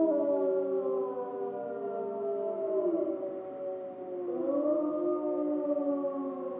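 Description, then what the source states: Grey wolf: several grey wolves howl together in long, smooth tones that dip and rise, one voice sliding sharply upward partway through while the others hold. Wolves recorded in Schorfheide on 29 October 2015.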